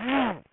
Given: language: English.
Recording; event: throat vibration sensor signal played as sound; throat clearing